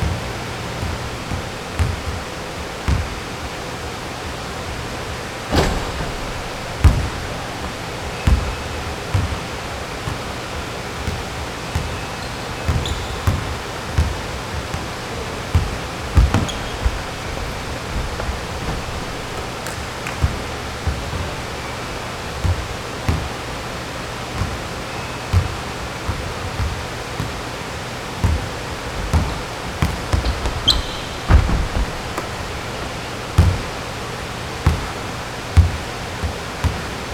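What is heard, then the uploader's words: Practice shots at the court: irregular sharp thumps and bounces land every second or two over a steady low hiss. Practice Shots at the Court.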